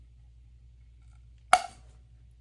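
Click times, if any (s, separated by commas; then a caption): 1.5 s. A socket on a seized engine bolt head of a 1982 Yamaha SR250 motorcycle slips off with a sudden loud metallic bang at 1.5 s, over a low steady hum. The bolt head is stripped because the socket only grabbed the outside.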